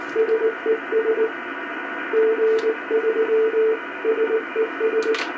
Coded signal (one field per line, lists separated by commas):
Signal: Morse code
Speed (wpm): 19 wpm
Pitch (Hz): 440 Hz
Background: radio noise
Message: SES G3 SES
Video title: Homebrew QRP Valve Transceiver For 80m